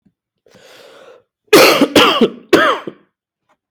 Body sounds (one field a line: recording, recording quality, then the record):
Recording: heavy voluntary cough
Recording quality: excellent, no background noise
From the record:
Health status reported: recovered from COVID-19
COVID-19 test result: positive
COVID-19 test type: rapid antigen test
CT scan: not taken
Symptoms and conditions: sore throat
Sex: male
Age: 25 years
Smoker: no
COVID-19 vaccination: both doses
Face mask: not worn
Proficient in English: yes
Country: India